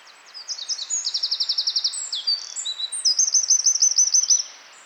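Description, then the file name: Eurasian wren song, a fast torrent of very high notes with two bright rattling trills, loud and unbroken for about four seconds over faint background hiss. "Troglodytes troglodytes"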